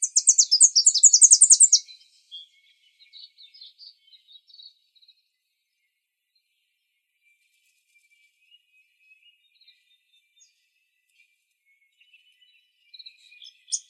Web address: Sound Library Vermivora Parula Dendroica AZFO TEWA deviche 050107